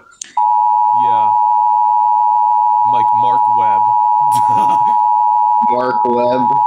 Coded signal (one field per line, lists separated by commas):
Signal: Emergency Alert System (SAME) tones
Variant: 853 and 960 Hz attention tone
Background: speech